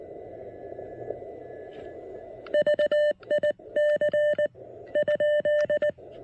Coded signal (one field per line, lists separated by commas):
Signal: Morse code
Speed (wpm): 19 wpm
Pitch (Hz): 600 Hz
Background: radio noise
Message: VIC ?